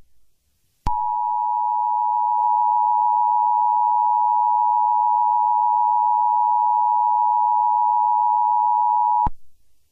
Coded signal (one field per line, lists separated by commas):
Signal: Emergency Alert System (SAME) tones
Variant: 853 and 960 Hz attention tone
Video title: EAS Scenario #10: Sayori's Rampage.